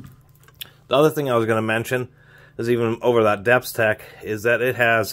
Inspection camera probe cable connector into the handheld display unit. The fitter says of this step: that goes pretty deeply into the unit, so I'm not too worried about that. And it just snaps into place.